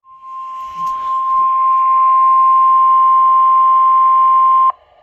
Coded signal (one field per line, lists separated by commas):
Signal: Emergency Alert System (SAME) tones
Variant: 1050 Hz attention tone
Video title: River Flood Warnings (EAS #103-104)